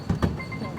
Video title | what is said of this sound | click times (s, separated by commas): Volvo C40 Recharge Single Motor ขับ กรุงเทพฯ - เชียงใหม่ | Click the lever on the right side 1 time and then you will hear the sound of the lock being unlocked. | 0.1 s, 0.2 s